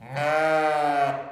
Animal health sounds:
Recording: contact call of a hoofed animal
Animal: sheep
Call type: low-frequency (closed-mouth) or high-frequency (open-mouth) call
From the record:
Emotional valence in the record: negative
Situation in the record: short social isolation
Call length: 1.32 s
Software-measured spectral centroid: 1810 Hz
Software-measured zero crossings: 1540 a second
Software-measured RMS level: -24 dBFS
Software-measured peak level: -12 dBFS

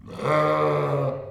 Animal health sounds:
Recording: contact call of a hoofed animal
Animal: sheep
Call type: low-frequency (closed-mouth) or high-frequency (open-mouth) call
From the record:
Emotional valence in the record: negative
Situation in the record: short social isolation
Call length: 1.30 s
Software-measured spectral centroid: 1450 Hz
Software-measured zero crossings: 1300 a second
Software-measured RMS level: -23 dBFS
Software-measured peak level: -10 dBFS

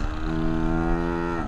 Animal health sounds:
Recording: contact call of a hoofed animal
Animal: cattle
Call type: low-frequency (closed-mouth) or high-frequency (open-mouth) call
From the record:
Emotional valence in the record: negative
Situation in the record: full separation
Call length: 1.48 s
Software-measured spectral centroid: 1100 Hz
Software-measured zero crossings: 880 a second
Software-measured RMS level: -24 dBFS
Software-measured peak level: -11 dBFS

